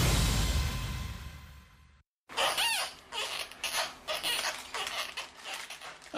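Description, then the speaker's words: Giant panda cub giving high, squeaky squeals and chirps in short bursts after a brief silence. One of two newborn twin cubs, born late Saturday, heard while being examined at a zoo in Washington. "That's the sound of one of two newborn giant panda cubs being examined at the National Zoo here in Washington."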